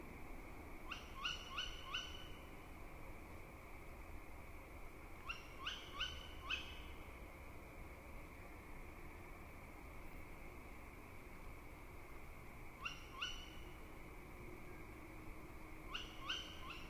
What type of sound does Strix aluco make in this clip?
call